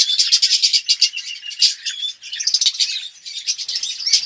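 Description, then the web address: Red-rumped parrot song: a dense run of high, quick chirps and warbled whistles, bright and continuous with brief dips. "pevcii-popugai parrots psephotus-haematonotus"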